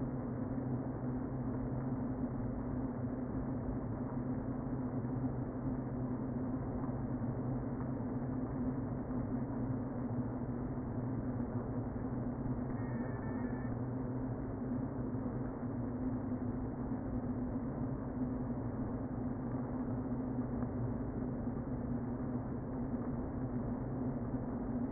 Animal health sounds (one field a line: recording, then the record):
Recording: honeybee colony, microphone inside the hive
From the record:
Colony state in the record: queen present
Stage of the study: before two queens were removed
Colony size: about 60,000 bees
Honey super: yes